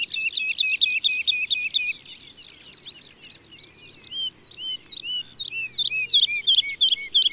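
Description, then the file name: Woodlark singing loud runs of repeated fluty notes. A softer, scattered passage sits between them before the rapid rhythmic phrases return. March. "Mars LAlouette lulu"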